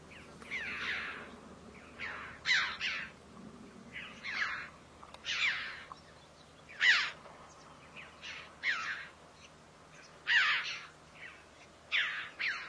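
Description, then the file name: Red-billed chough calls, harsh ringing notes given irregularly, with a faint low background hum. "Canto do gralha de bico vermelho"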